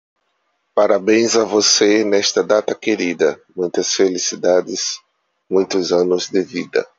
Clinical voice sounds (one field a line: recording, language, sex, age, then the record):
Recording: short text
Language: Brazilian Portuguese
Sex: male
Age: 30 to 39 years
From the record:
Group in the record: control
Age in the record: 34 years